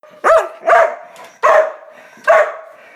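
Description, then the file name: Dog barking four times, loud harsh barks spaced unevenly about half a second to a second apart. "hund"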